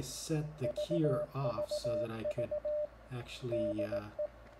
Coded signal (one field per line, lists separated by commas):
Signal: Morse code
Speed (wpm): 18 wpm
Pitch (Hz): 600 Hz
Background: speech, radio noise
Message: VVV DE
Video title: Arduino CW Beacon Proof of Concept for Foxhunting, Propagation Testing